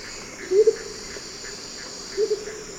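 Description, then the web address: Blue-crowned motmot calling two low, upslurred double hoots about one and a half seconds apart, with faint insect buzzing behind. Eastern lowlands of South America. "Natures Songs S America Eastern Lowlands. Blue-crowned Motmot"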